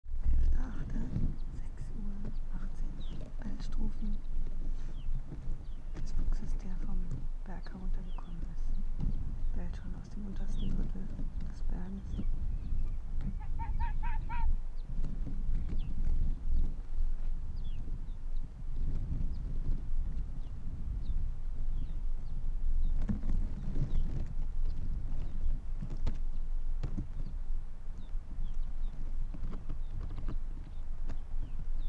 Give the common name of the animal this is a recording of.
Arctic Fox